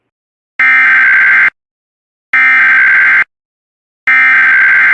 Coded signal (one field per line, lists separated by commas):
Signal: Emergency Alert System (SAME) tones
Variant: header bursts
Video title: EAS law enforcement warning for wjon (cancellation message)